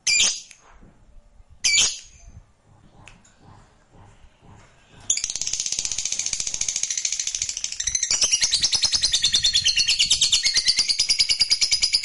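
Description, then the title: Lovebird song: a few sharp shrill chirps, then from about five seconds a dense, rapid, buzzy high-pitched chatter that runs without pause to the end. Fighter-type lovebird, singing energetically (gacor). "SUARA Lovebird FIGHTER GACOR"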